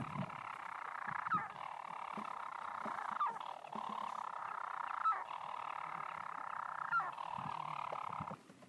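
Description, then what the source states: European storm petrel song: a steady, buzzy purr with a brief hiccup roughly every two seconds, repeated four times before it stops abruptly. Singing from the walls of a broch on Mousa, Shetland, possibly anticipating a mate's return; many birds flying around.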